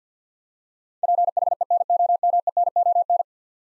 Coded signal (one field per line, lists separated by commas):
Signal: Morse code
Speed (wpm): 51 wpm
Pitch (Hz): 700 Hz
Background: none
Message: PHENOMENON